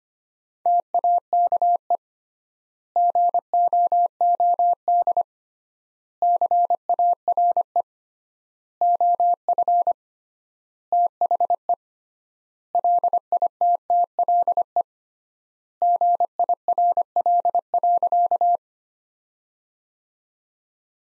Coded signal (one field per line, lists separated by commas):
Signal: Morse code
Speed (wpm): 25 wpm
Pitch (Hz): 700 Hz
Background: none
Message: TAKE GOOD CARE OF THE LITTLE GIRL.